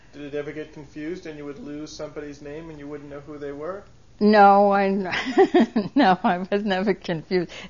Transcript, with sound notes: Did it ever get confused and you would lose somebody's name and wouldn't know who they were?
No, I. (She laughs.) No, I was never confused.